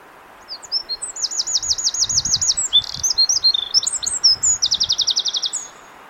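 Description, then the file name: Eurasian wren delivering a long, vigorous song: piercing notes, a fast trill, jumbled twittering, and a final rapid trill lasting about five seconds. "Troglodytes troglodytes"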